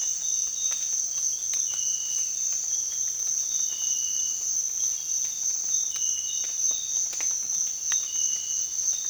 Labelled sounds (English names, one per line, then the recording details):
none
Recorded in secondary vegetation near Puerto Asís, Putumayo, Colombia, on 19 June 2025 at 06:00
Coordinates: 0.485, -76.322
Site GP06